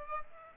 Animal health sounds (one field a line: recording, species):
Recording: mosquito wingbeat signal from an infrared sensor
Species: Aedes aegypti